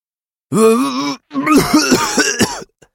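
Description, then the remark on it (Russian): A low, muffled hum of a mumble from a man, then a short pause before a run of rough, strained coughs breaking into several harsh bursts. “Промычал он и тут же закашлялся.”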